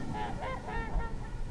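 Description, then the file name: Trumpeter swan calls: a few nasal, horn-like honks in quick succession over a dense, noisy background. Recorded at Tamarac. "Tamarac Whispers Trumpeter Swan"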